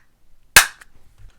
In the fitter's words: And then it just clicks back into place.